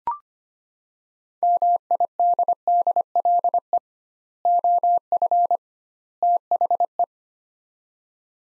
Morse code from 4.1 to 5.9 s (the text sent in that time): OF